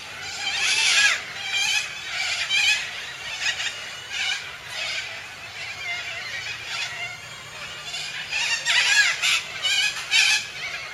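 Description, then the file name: Major Mitchell's cockatoo giving loud rasping cries in bursts, strongest at the start and again around nine seconds, with quieter chatter between. "canto da cacatua inca"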